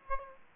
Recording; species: mosquito wingbeat signal from an infrared sensor; Aedes aegypti